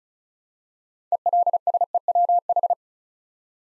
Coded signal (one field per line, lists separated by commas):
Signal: Morse code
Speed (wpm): 36 wpm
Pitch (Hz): 700 Hz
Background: none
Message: ELSEWH